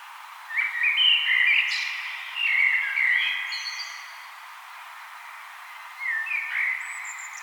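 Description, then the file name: Common blackbird song: two long fluty phrases that trail into high squeaks, then a shorter, softer phrase after a pause. "Turdus merula"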